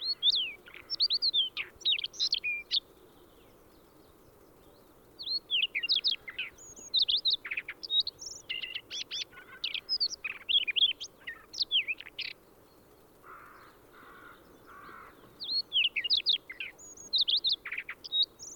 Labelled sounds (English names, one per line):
Siberian Rubythroat song